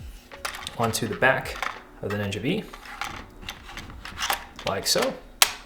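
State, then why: Seated. An accessory module slides onto the battery/accessory slot on the back of a Ninja V camera monitor while someone talks, with a few light handling taps and clicks along the way. It latches with one sharp, loud click at 5.4 s, showing it is seated and installed properly.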